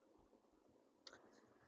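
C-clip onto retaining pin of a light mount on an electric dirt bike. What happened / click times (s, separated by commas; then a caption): The metal clip snapped into its groove / 1.1 s. A metal C-clip is pressed with pliers into the notch on the second retaining pin of a light mount bracket on an electric dirt bike. Low, quiet handling noise gives way to a short, sharp metallic click at 1.1 s, and someone talks briefly. The clip seats into the pin groove.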